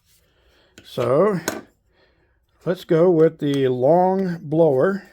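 Someone talks while handling a long blower nozzle for the blower side of a Saker portable vacuum, the nozzle being the kind that twists so its tab locks into a slot in the vacuum body. Between stretches of speech there is a brief, very faint sound near 2.5 seconds. The clip ends before the nozzle goes home; nothing has seated or clicked yet.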